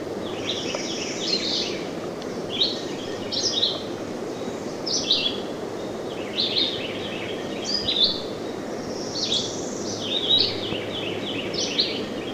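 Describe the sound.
Red-eyed vireo song of short, high, choppy whistled phrases repeated about every one to two seconds, over a noisy background.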